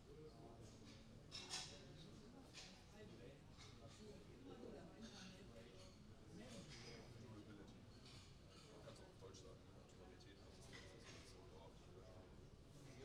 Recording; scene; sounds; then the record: everyday scene through a hearing-aid microphone; many people talking; many voices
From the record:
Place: university cafeteria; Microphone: in the ear canal, right